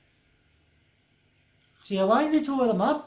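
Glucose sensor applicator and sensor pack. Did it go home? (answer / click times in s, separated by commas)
no / none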